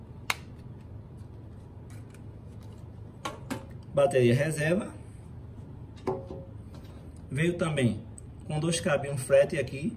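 The plastic battery compartment cover on a DJI Mini 2 drone is closed after the battery is inserted, and it snaps shut with a sharp click at 0.3 s, so the cover is seated. Afterward there are a few light handling knocks while someone talks.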